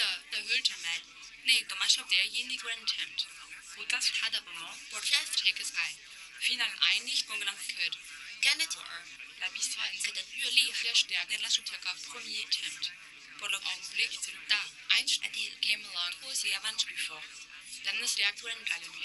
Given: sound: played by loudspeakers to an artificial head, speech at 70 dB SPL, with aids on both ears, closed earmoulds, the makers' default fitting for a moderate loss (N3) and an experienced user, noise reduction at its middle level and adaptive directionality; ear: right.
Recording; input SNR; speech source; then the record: speech test signal (ISTS) in cocktail-party noise; +6 dB; in front (0 degrees)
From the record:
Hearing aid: class 2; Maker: H